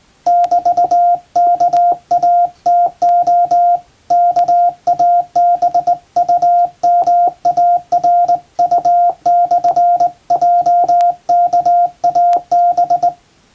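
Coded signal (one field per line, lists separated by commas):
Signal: Morse code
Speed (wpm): 20 wpm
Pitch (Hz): 700 Hz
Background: none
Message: <BT>KATO KABUMARU/JKAB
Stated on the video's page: Morse practice sending international-alphabet telegrams on a JRC KY-3A professional straight key formerly used on ship stations.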